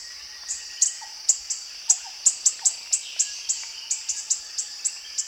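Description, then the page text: Orange-bellied flowerpecker calls: a steady series of crisp, high clicking ticks against a constant shrill insect hum. Recorded at Danum. "Sound of Orange-bellied Flowerpecker at Danum by EDWARDS, David"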